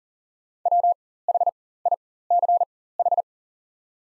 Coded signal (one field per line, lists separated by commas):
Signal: Morse code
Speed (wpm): 40 wpm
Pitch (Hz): 700 Hz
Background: none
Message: WHICH